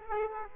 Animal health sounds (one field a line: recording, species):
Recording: mosquito wingbeat signal from an infrared sensor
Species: Aedes aegypti